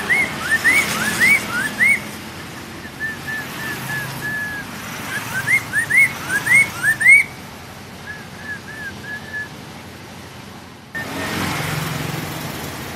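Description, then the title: Hwamei singing bright rising whistles in fast bursts alternating with softer level whistled notes, before a sudden rise in noise near the end; traffic hum throughout. "Poksay mandarin"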